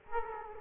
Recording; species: mosquito wingbeat signal from an infrared sensor; Aedes aegypti